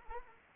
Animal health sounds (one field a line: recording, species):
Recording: mosquito wingbeat signal from an infrared sensor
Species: Anopheles arabiensis